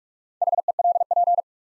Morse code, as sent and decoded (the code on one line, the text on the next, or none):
.... . .-.. .--.
HELP